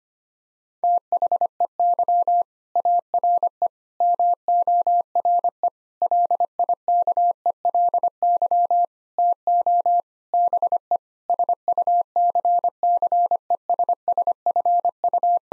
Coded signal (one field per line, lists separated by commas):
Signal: Morse code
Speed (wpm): 25 wpm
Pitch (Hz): 700 Hz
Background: none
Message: THEY ARE MORE LIKELY TO BE SUCCESSFU